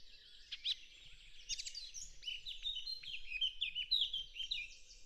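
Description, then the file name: Eurasian blackcap warbling, a jumble of scratchy and whistled notes rising into clearer fluty phrases, over a background hiss of outdoor noise. "Sylvia atricapilla"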